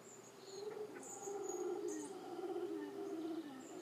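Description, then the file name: Howler monkey howls as a deep, drawn-out roaring drone that swells and holds for several seconds, with high insect buzzing above it. "Singe Hurleurs"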